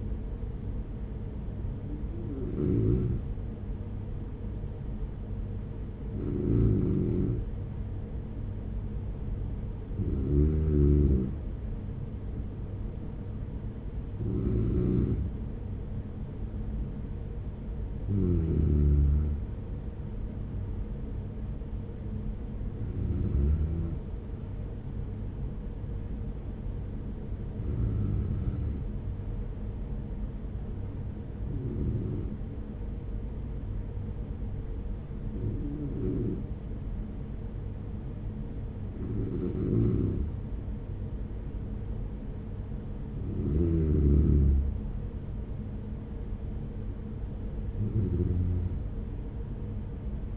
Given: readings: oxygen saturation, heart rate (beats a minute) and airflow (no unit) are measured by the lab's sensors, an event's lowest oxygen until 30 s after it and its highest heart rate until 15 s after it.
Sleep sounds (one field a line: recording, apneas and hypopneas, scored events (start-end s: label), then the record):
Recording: breathing in sleep by a smartphone at the bedside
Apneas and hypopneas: none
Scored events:
none scored
From the record:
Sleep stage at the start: REM sleep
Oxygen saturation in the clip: 95 to 96%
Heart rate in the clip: 48 to 51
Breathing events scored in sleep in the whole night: 210 in 6.9 hours asleep